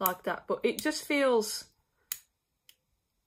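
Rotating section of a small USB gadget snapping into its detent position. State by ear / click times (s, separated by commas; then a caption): seated / 2.1 s. Someone talks, then the rotating section of a small gadget with a USB port is turned and snaps into its detent position with a sharp click at 2.1 s, followed by a faint tick at 2.7 s. The part is seated.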